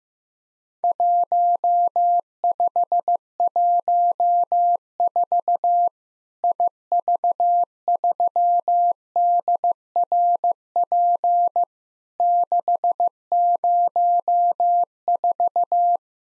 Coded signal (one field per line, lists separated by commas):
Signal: Morse code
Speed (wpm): 15 wpm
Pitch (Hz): 700 Hz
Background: none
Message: 1514 IV3DRP 604